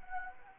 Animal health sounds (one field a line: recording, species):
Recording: mosquito wingbeat signal from an infrared sensor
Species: Anopheles arabiensis